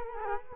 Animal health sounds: mosquito wingbeat signal from an infrared sensor; Culex quinquefasciatus

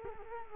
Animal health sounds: mosquito wingbeat signal from an infrared sensor; Culex quinquefasciatus

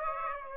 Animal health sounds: mosquito wingbeat signal from an infrared sensor; Aedes aegypti

